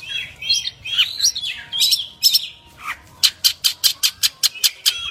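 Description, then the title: Long-tailed shrike song mixing harsh squawky warbles with a rapid series of sharp, evenly spaced clicking notes in the second half. Champion songbird. "Kicau Burung Cendet Juara"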